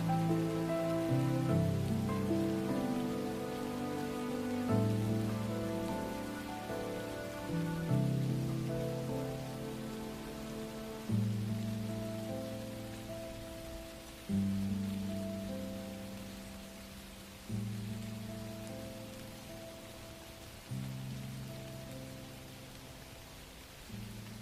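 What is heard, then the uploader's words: Slow, soft music plays over a light, steady hiss of rain. Low, mellow chords ring out and fade, with a new one struck roughly every three seconds. The hiss stays even underneath the whole time. Relaxing minecraft music with soft rain.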